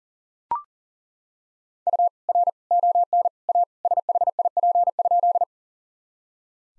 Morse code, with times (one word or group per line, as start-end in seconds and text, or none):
1.9-2.1 U
2.3-2.5 R
2.7-3.3 ON
3.5-3.6 A
3.9-5.4 SHIP?